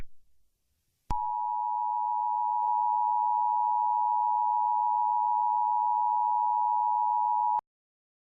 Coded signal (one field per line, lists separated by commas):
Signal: Emergency Alert System (SAME) tones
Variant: 853 and 960 Hz attention tone